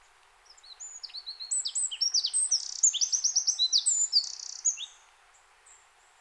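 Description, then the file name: Eurasian wren song: a rapid, very high, energetic outpouring of sharp notes and rattling trills lasting several seconds, then quiet. "Troglodytes troglodytes"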